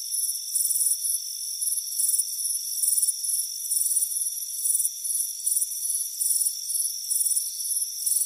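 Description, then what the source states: Crickets chirping in quick, high, pulsed bursts over a steady ringing drone. Warm afternoon, front porch.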